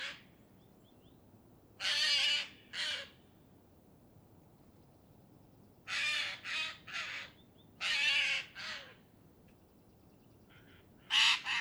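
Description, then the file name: Eurasian jay calling with loud, harsh screeches, mostly in pairs or triplets of raspy bursts separated by short quiet gaps. "Garrulus glandarius"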